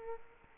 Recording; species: mosquito wingbeat signal from an infrared sensor; Culex quinquefasciatus